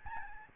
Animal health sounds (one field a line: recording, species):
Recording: mosquito wingbeat signal from an infrared sensor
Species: Aedes albopictus